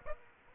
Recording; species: mosquito wingbeat signal from an infrared sensor; Aedes aegypti